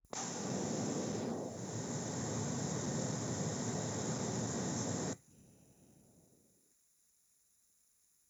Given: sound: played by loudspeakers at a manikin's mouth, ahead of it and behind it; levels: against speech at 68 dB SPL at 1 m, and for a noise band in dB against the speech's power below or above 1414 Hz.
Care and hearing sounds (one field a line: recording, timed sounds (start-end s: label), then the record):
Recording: test signals for a remote microphone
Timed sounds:
0.13-5.13 s: speech-spectrum noise from the mouth, +10 dB
From the record:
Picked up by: remote microphone A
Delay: 47 ms